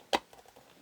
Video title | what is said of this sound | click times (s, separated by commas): 70. Roseville Comic-Con Swap Meet 2020 | hey she's locked into place nicely | 0.2 s